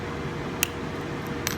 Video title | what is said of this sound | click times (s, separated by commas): Scovill Attaching Machine-M245 | And you'll twist it 180 degrees, you'll hear it pop into the little channel in the front here. | 0.6 s